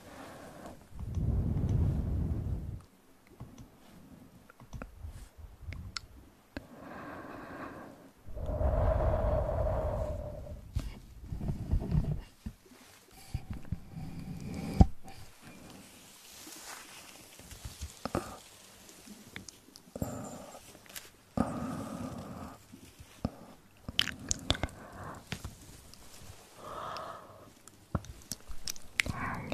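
Close-up mouth sounds with inaudible whispering: soft breathy murmurs swell near the start and again around eight to twelve seconds. After that come dense, irregular wet clicks, smacks and crunchy chewing-like pops, with one sharp snap near fifteen seconds and quiet gaps between.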